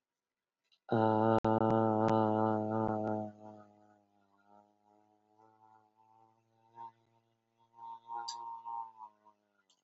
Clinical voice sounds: vowel held as long as possible; female; 30 to 39 years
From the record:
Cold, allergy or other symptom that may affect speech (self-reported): no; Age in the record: 32 years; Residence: United States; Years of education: 16

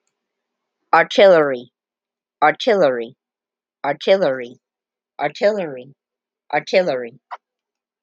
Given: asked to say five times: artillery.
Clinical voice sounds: repeated word; female; 30 to 39 years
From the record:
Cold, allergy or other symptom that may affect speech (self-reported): no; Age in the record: 39 years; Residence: Alabama, United States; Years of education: 16

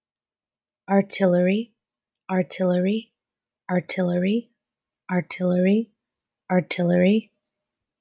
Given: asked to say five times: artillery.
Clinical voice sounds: repeated word; female; 30 to 39 years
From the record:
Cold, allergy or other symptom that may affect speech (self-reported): no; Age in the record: 31 years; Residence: Pennsylvania, United States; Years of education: 12

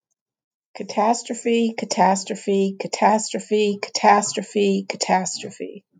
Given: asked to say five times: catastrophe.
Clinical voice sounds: repeated word; female; 60 to 69 years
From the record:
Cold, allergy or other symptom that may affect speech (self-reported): no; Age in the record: 66 years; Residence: Pennsylvania, United States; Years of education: 19

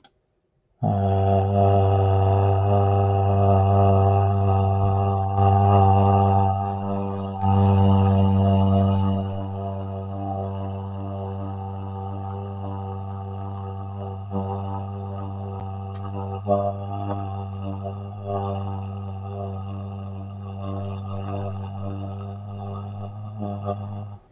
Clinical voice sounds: vowel held as long as possible; male; 20 to 29 years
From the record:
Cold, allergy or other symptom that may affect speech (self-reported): no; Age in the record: 28 years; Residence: New York, United States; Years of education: 12

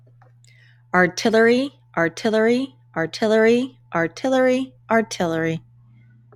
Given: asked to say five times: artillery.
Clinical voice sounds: repeated word; female; 30 to 39 years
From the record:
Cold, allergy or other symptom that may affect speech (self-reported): no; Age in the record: 36 years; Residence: New Jersey, United States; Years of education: 16

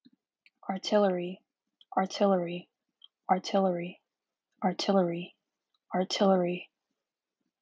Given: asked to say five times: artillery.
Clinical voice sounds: repeated word; female; 18 to 19 years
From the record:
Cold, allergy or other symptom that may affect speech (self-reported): no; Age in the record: 19 years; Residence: California, United States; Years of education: 13

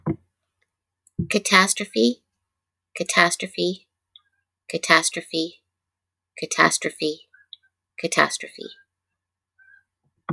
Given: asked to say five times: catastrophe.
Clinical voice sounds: repeated word; female; 50 to 59 years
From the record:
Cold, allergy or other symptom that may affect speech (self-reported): no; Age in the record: 50 years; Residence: Oklahoma, United States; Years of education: 18

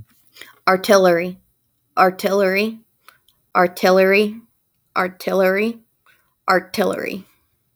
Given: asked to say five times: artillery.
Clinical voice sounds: repeated word; female; 20 to 29 years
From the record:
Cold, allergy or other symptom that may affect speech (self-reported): no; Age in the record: 28 years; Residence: Mississippi, United States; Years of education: 24

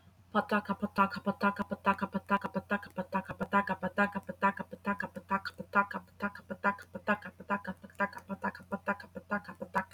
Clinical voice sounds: repeated syllables /pa ta ka/; female; 20 to 29 years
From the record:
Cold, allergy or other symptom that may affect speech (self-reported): no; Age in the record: 26 years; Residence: Texas, United States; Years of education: 16

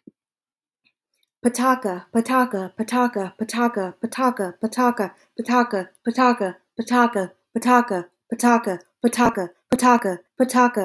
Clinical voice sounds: repeated syllables /pa ta ka/; female; 20 to 29 years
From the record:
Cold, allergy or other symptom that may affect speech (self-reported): no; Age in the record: 25 years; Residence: California, United States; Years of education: 16

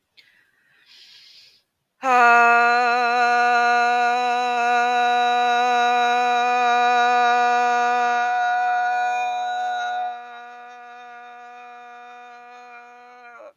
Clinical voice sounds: vowel held as long as possible; female; 20 to 29 years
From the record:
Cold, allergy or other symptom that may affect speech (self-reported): no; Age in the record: 28 years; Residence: United States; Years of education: 14

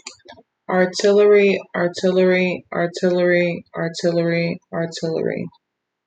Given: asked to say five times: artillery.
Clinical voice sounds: repeated word; female; 20 to 29 years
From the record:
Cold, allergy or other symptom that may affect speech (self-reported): no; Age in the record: 27 years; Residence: South Carolina, United States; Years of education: 13

